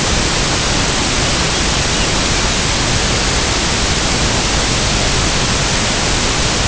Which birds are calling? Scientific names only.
Calcarius lapponicus